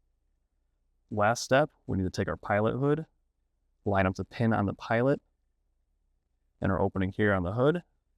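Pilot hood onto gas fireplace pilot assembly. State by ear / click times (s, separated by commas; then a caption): not seated / none. Someone talks while a metal pilot hood is being lined up so the pin on the pilot meets the opening in the hood, the last step in converting the gas type on a SIT side-mount gas fireplace pilot assembly. The clip ends before the hood is pressed down to snap onto the pilot, so nothing has seated or clicked yet.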